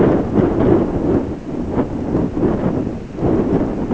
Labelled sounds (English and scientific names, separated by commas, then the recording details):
none
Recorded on Arctic tundra, site ZACK-1, on 16 June 2019
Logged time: 07:49